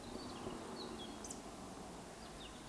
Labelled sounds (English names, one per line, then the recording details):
Eurasian Woodcock whistle
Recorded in Baden-Württemberg, Germany, on 15 May 2020 at 19:33 UTC
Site 46190, 1214 m above sea level